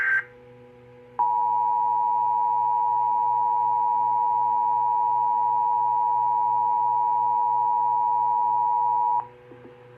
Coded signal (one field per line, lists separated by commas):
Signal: Emergency Alert System (SAME) tones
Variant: 853 and 960 Hz attention tone